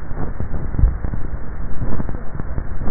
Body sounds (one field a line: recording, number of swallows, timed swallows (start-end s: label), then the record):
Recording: swallowing sounds by neck microphone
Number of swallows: 1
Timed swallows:
0.75-1.58 s: swallow
From the record:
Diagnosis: dysphagia